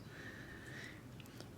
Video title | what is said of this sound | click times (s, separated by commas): HIYA Toys Exquisite Mini Series GI Joe Snake Eyes & Storm Shadow Unboxing & Review! | And of course, it just snaps back in place. | 1.2 s, 1.4 s